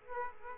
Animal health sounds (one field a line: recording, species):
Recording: mosquito wingbeat signal from an infrared sensor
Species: Aedes aegypti